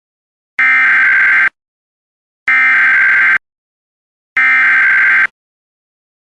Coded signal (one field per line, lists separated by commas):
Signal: Emergency Alert System (SAME) tones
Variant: header bursts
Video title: EAS Compilation of Only Civil (Non-Weather) Alerts Vol. 2